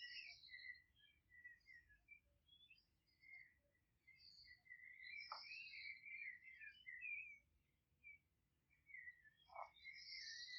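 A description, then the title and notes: Birds sing almost without pause in a Polish countryside garden, bright warbling phrases and high chirps overlapping throughout. Two short, sharp calls stand out around five and nine and a half seconds. A low, steady rumble sits underneath the whole time. Relaxing music of nature from a Polish garden in the countryside.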